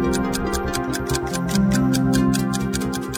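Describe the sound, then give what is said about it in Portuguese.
A clock ticks in a fast, steady rhythm as a radio time check, crisp sharp clicks repeating several times per second over a sustained low musical drone that swells slightly midway. “Acerte o seu relógio.”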